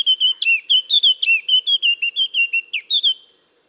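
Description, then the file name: Eurasian blackcap song of bright, mellow whistled notes delivered rapidly and evenly, many notes gently rising and falling before stopping. "Sylvia atricapilla"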